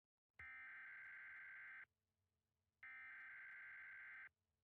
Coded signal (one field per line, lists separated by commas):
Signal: Emergency Alert System (SAME) tones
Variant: header bursts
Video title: California Severe Weather Outbreak An EAS Scenario Part One Initial round of storms